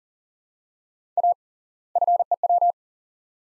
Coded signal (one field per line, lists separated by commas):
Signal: Morse code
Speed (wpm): 40 wpm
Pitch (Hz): 700 Hz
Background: none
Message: A FEW